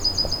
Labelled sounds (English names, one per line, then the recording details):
Yellowhammer song
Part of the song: start
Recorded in the Czech Republic on 20 July 2013
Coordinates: 50.255, 12.717
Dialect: XlB
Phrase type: D5
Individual 319287